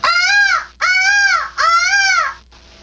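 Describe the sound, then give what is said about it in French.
A peacock gives three loud, harsh wailing calls in quick succession, each about a second long with a rising-then-falling pitch, followed by a brief fainter fourth cry. “Peacock.”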